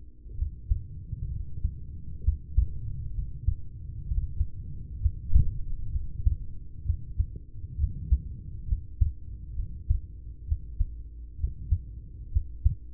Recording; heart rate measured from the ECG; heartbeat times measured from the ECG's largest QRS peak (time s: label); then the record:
heart sounds by stethoscope; 65 bpm
0.34 s: heartbeat
1.28 s: heartbeat
2.20 s: heartbeat
3.10 s: heartbeat
4.03 s: heartbeat
4.98 s: heartbeat
5.89 s: heartbeat
6.82 s: heartbeat
7.75 s: heartbeat
8.64 s: heartbeat
9.53 s: heartbeat
10.44 s: heartbeat
11.36 s: heartbeat
12.29 s: heartbeat
From the record:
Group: heart failure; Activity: rest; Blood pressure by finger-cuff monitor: 106/59 mmHg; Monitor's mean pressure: 76 mmHg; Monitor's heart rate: 65 bpm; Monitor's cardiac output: 5.9 L/min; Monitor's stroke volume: 91 mL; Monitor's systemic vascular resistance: 930 dyn s/cm5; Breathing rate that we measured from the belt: 20 breaths a minute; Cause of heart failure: ischemic heart disease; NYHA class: 1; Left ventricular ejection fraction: 33%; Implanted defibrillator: present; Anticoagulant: apixaban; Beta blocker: carvedilol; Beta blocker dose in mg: 18.75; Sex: male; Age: 39 years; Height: 168 cm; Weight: 72 kg